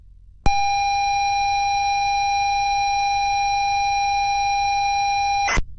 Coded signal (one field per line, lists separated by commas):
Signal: ZX Spectrum tape loading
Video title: Xbox360 Game "Darwinia" OP 02 "ZX Spectrum"